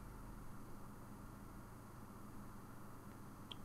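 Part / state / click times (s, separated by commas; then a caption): back cover clips into tablet housing / seated / 3.5 s. The plastic back cover is refitted onto a Samsung Galaxy Tab 3 tablet, being repaired because it won't charge or turn on, and its edge clips are pressed home into the housing. Over a steady low background hiss, a single sharp snap sounds at 3.5 seconds as the clips seat into place.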